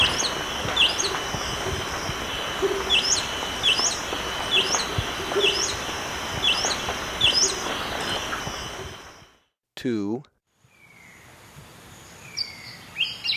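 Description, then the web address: Orange-throated tanager making bright, clipped chirps about once a second over a constant hiss, then a brief break and a few higher scattered notes. Recorded in Ecuador. "Natures Songs S America Birds of Ecuador. Orange-Throated Tanager"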